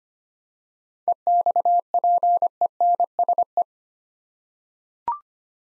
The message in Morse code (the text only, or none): EXPENSE